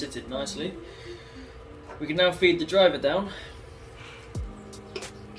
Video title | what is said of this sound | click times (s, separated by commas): How to : Service a BSD Westcoaster Freecoaster hub | which should just click into place and then if you hold | 5.0 s